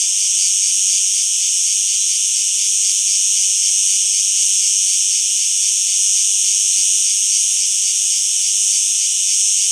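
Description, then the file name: Cicada song: steady, intense shrill buzzing with a light rhythmic pulse, unbroken throughout and no other sounds. "Insectes- Cigales"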